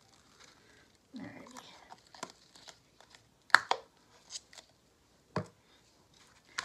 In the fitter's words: You always know it's closed when you hear the click.